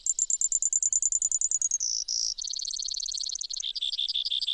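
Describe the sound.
Brewer's sparrow song: a quick even trill, a short lower buzz, then a doubled trill that drops lower near the end.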